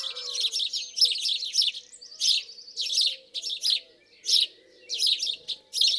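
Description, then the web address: House sparrow's harsh chirps come in bursts with short gaps, alongside a quick buzzy trill. "SETE data Passer domesticus"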